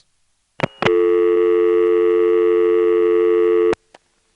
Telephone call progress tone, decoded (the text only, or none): dial tone